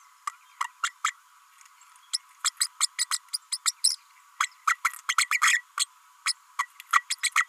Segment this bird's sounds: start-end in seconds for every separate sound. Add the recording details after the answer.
0.60-0.64, 0.83-0.90, 1.04-1.12, 2.13-2.18, 2.44-2.50, 2.60-2.67, 2.80-2.87, 2.98-3.06, 3.11-3.19, 3.33-3.38, 3.52-3.58, 3.65-3.73, 3.84-3.95, 4.40-4.46, 4.67-4.75, 4.84-4.92, 5.08-5.15, 5.18-5.28, 5.41-5.63, 5.77-5.86, 6.25-6.34, 6.58-6.66, 6.92-7.04, 7.10-7.15, 7.23-7.31, 7.35-7.44. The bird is a female. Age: 32 days. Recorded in a nest box in Venezuela. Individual 17B32A5